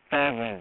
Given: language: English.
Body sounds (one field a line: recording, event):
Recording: throat vibration sensor signal played as sound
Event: speech